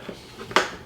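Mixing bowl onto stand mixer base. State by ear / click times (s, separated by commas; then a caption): seated / 0.6 s. The mixing bowl of a Nutrimill Artiste stand mixer is set on the base, turned until it drops into place, then twisted counterclockwise until it locks. A faint knock at about 0.5 s is followed by a sharp, bright click at 0.6 s as the bowl seats and locks.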